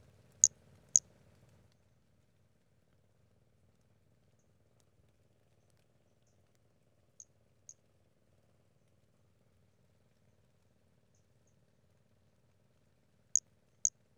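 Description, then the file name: Brachycephalus albolineatus calls: paired high, sharp notes at the start and end, a fainter pair in the middle, long quiet gaps between. Recorded on 5 February 2016. "Brachycephalus albolineatus 160205"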